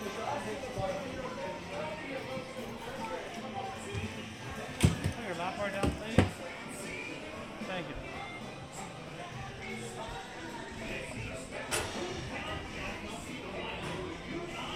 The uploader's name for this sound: Mickey's Toon Town, Disneyland Binaural Recording